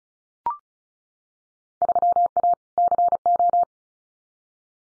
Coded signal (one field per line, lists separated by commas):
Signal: Morse code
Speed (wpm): 36 wpm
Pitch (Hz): 700 Hz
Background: none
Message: 3A CO